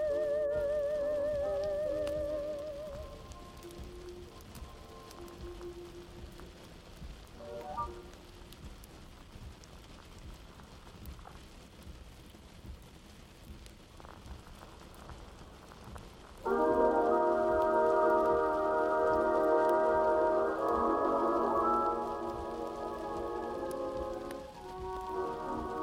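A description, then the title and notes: Old vintage music plays in another room over a steady soft crackle like a fire. A wavering melody opens the first few seconds, then fades to near silence with only the crackle until about sixteen seconds, when fuller, louder music returns and carries on. (music from '20s, '30s, '40s) and it is sounding like it is coming from another room. Vintage Oldies playing in another room (falling snow &fire sounds ).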